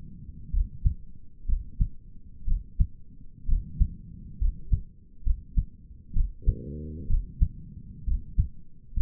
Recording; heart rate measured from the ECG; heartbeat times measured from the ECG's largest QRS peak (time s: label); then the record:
heart sounds by stethoscope; 64 bpm
0.53 s: heartbeat
1.48 s: heartbeat
2.47 s: heartbeat
3.48 s: heartbeat
4.40 s: heartbeat
5.25 s: heartbeat
6.15 s: heartbeat
7.09 s: heartbeat
8.07 s: heartbeat
8.96 s: heartbeat
From the record:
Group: healthy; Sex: male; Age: 22 years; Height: 181 cm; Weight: 79 kg